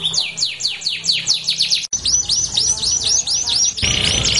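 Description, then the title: Belgian canary song: rapid falling whistled sweeps repeated in quick series, then a run of arched upswept notes, ending in a denser buzzy stretch. Belgian canary song used to warm up canaries and prompt them to sing along within seconds. "Canto Para Esquentar Canário Belga. LANGSUNG NYAUT. Pancingan suara kenari hitungan detik langsung ikut bunyi"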